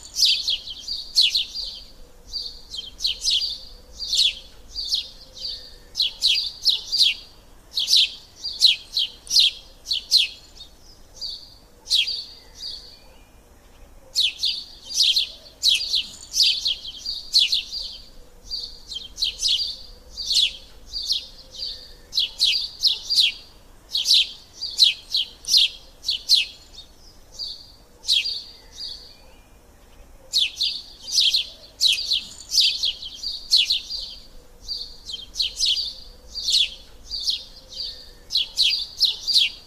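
Birds chirp in a park, a bright series of quick high notes repeated in rapid runs, with brief pauses around 14 and 30 seconds before the calling resumes. A faint low hum and soft sounds sit underneath throughout.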